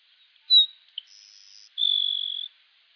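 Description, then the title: Grassland sparrow song: a thin high note, a brief tick, a faint higher whistle, then a long insect-like buzzy trill lasting under a second. Otherwise quiet. Subspecies Ammodramus humeralis humeralis. "LuckyPassaro Completos2Sama. Grassland Sparrow"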